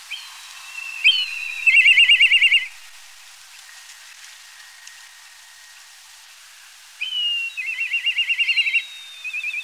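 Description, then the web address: Black kite whinnying call, a sharp whistle breaking into a fast quavering trill, heard twice with a long quiet gap between. "milvus migrans"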